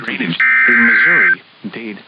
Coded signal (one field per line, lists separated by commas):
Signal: Emergency Alert System (SAME) tones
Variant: header bursts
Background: speech